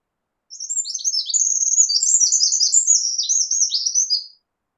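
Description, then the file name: Eurasian wren singing a fast, high-pitched cascade of chattering notes and rattling trills, lasting nearly four seconds without a break, with no other sounds present. "Troglodytes troglodytes"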